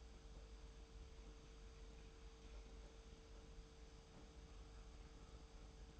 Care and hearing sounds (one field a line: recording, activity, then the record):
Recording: daily activity, microphone in the room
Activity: make coffee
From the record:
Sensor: 1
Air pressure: 991.7 hPa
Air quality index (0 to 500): 169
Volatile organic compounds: 1000 ppm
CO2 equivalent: 6359 ppm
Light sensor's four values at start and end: 32/108/42/43 and 32/108/42/43